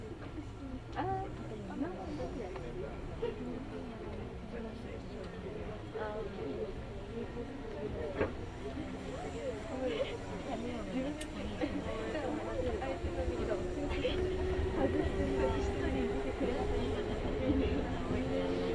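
Inside a Kintetsu Nagoya Line local train running from Kintetsu Nagoya toward Kanie, a steady low rumble runs throughout, growing slightly louder toward the end. Overlapping voices chatter continuously, with a faint rising whine and a few brief clicks and knocks.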